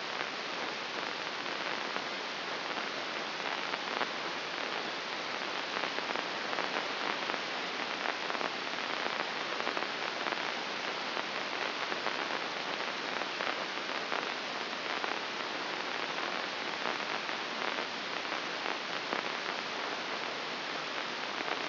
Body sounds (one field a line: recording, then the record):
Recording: brain microelectrode recording played as sound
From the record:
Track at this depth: outside the subthalamic nucleus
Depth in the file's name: 4.024 mm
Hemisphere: left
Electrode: 2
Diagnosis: Parkinson's disease